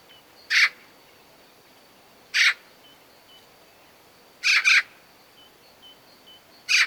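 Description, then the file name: Eurasian magpie uttering loud, grating rasps, singly and once as a quick pair, roughly every two seconds. "Pica pica"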